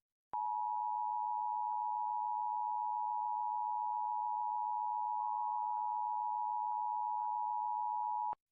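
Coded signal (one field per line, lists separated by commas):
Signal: Emergency Alert System (SAME) tones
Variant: 853 and 960 Hz attention tone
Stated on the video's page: Required Monthly Test for New Jersey on TV station WMCN.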